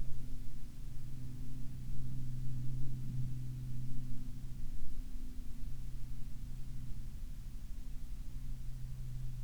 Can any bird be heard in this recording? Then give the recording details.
no. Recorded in the Arctic National Wildlife Refuge, Alaska, on 9 June 2019 at 20:03. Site 40